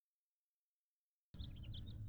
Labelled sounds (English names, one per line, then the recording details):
House Finch song
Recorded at Oceanside on Long Island, New York, on 17 June 1975
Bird A